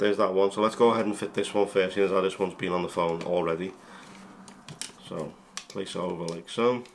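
Someone talks while positioning a plastic and aramid Pitaka MagEZ Case 3 magnetic case half over the back half of a Pixel Fold folding phone, with a few brief handling ticks around 4.5 to 4.8 seconds during a pause. The case half has not snapped into place yet; nothing has seated.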